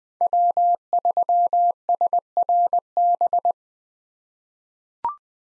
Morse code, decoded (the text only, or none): W3SRB